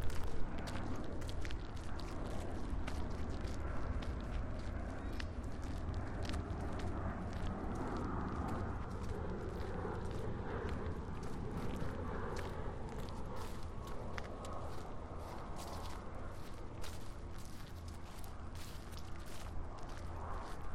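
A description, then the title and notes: A walk through Marpole: a steady low rumble of traffic fills the whole stretch, with frequent short clicks and taps scattered throughout, likely footsteps and small handling sounds. Faint voices and a brief tonal hum drift in around the middle and later parts. Soundwalk: A walk through Marpole. The southern tip of Marpole is a gateway into the lower mainland and intersects important nodes of transportation by land, air and water.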